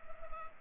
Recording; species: mosquito wingbeat signal from an infrared sensor; Culex pipiens